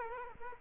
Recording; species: mosquito wingbeat signal from an infrared sensor; Culex quinquefasciatus